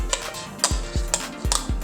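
A plastic cover plate is pressed by hand over a switch and outlet mounting bracket as a press fit. After a softer tick near 0.1 s, three sharp snaps ring out at 0.6, 1.1 and 1.5 s over a low background hum. The plate snaps into place and is seated on the bracket.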